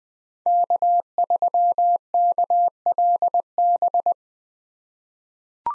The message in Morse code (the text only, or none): K3KLB